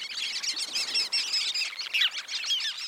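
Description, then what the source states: Sanderling calls, a busy mix of high twittering notes from a group, with a few louder sharp chips standing out near the end, over steady background noise. On winter shores; found along most of the U.S. coast, from city shorelines to barrier islands.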